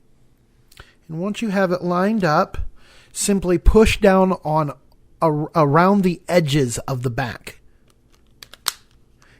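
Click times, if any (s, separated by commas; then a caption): 8.4 s, 8.5 s, 8.7 s. Someone talks while lining up the plastic back cover of a Mini Vision 2 mobile phone over the camera, SOS button and speaker. They then press down around the edges of the cover, and a quick series of snaps is heard at about 8.4, 8.5 and 8.7 seconds. The back cover locks into place on the phone body.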